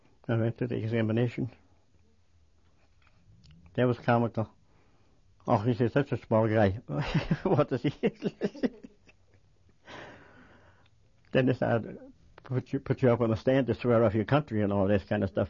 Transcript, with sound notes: I took the examination. That was comical. "Oh, he's such a small guy." (They laugh.) "What does he know." Then they put you up on the stand to swear off your country and all that kind of stuff.